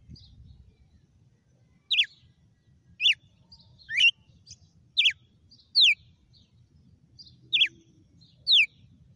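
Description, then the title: Red-cowled cardinal song of several clear, sharply falling whistled notes, mostly about a second apart with one longer gap, loud against a quiet background. Female red-cowled cardinal named Fenrir; its song today is the style called açoite. "Canto Galo Campina Fêmea 06. GALO DE CAMPINA FENRIR - HJ FOI AÇOITE VIU??"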